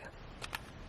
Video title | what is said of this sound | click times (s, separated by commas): Zepbound 12.5mg Update - 6 Months on Zepbound & - Honest Weight Loss Journey + Before & After | go ahead and twist the white cap as you see me doing here and listen for this click. | 0.4 s, 0.5 s